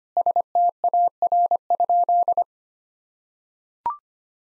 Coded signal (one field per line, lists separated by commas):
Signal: Morse code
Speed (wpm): 25 wpm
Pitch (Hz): 700 Hz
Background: none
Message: STAR?